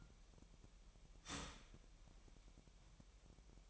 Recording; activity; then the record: daily activity, microphone in the room; start toaster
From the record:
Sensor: 1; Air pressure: 1002.0 hPa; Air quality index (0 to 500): 240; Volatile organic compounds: 45 ppm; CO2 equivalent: 3226 ppm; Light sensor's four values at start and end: 10/35/12/14 and 10/35/12/14